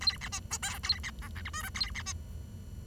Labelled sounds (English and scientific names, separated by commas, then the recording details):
Bengalese Finch (Lonchura striata domestica) song
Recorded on 23 June 2012 at 08:46
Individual gr41rd51